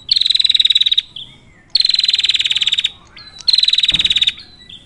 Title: Masteran Duet Cililin Vs Kapas Tembak. Prenjak Betina Gacor Ngerol. Cocok Buat pancingan Prenjak susah bunyi, maupun masteran Burung Lain